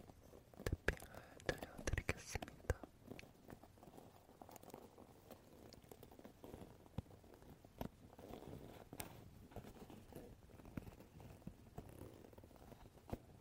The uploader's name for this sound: wooden brush tapping , touching sound